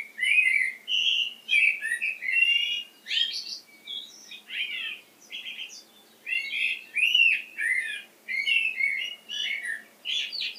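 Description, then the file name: Common blackbird giving a long run of squeaky, chirping calls in quick bursts, some notes sliding up or down, with short pauses between groups. "Turdus merula"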